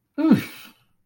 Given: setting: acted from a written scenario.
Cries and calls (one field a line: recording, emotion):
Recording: vocal sound without words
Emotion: negative surprise